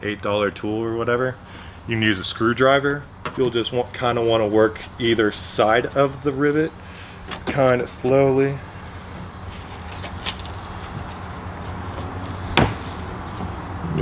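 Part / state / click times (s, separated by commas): plastic trim push rivet in a van body panel / released / 12.6 s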